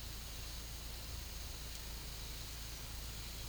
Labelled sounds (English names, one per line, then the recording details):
none
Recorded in pastures near Puerto Asís, Putumayo, Colombia, on 24 June 2025 at 10:30
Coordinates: 0.497, -76.327
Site G040